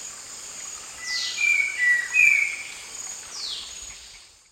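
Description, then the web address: Red-crowned ant-tanager: a run of three clear whistled notes near midway, set against a constant shrill insect chorus, with two high descending calls. Recorded in the eastern lowlands of South America. "Natures Songs S America Eastern Lowlands. Red-crowned Ant-Tanager"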